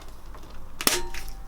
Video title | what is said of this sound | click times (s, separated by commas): Honda cb250 scrambler build EP42 - shes done! | wait for the click | 0.8 s, 0.9 s